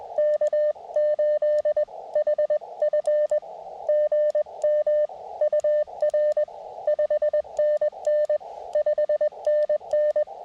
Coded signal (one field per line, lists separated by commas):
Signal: Morse code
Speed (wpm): 20 wpm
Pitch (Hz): 590 Hz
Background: radio noise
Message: K8HF GM UR 5NN 5NN